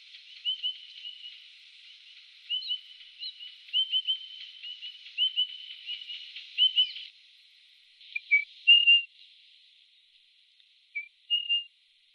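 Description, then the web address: Spotted pardalote whistling a series of short clear phrases, each with quick lead-in notes then level tones, becoming sparser toward the end. Recorded in a garden in Canberra, Australia. "canberra-garden-birds pardalotes spotted-pardalote"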